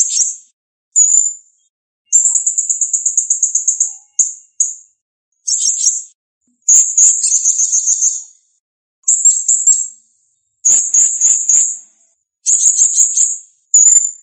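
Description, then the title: Blue-crowned hanging parrot singing a series of short, thin, very high trilled bursts separated by short gaps, one a longer, rapidly pulsed run. Masteran training recording for cage birds, featuring clear gacor-style singing. "Masteran Burung Serindit Masteran Serindit Gacor Jernih"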